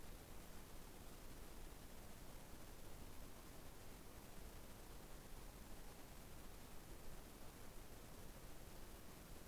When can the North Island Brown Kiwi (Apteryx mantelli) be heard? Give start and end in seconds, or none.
none